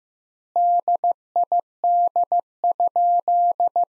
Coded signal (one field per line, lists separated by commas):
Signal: Morse code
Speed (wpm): 15 wpm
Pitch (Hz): 700 Hz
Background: none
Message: DID?